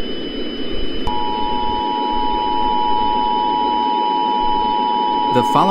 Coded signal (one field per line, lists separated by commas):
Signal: Emergency Alert System (SAME) tones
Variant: 853 and 960 Hz attention tone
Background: speech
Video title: The Waffle House Has Found A New Host EAS